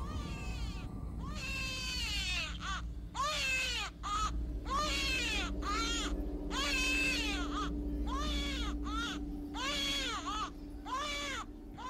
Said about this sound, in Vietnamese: Sau một hồi, ở trên mái nhà đằng sau vườn tự nhiên vang lên tiếng trẻ con. Tiếng trẻ con khóc lên choe choe choe choe đến giận cả người, cứ như là bị ai đánh vậy.